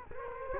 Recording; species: mosquito wingbeat signal from an infrared sensor; Culex quinquefasciatus